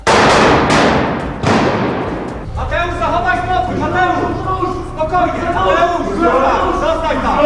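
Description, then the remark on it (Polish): Several loud, sharp blasts go off in quick succession, each with a rumbling tail, then several people shout and yell over one another for a few seconds. An explosive charge detonates as it is planted during the OLEK 2026 emergency services exercise, which simulates an armed attack on the Lower Silesian Voivodeship Office in Wrocław, Poland. “W trakcie podkładania ładunku wybuchowego doszło do eksplozji”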